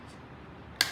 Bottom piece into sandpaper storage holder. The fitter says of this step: and again with the clicked it's just it's just so satisfying now here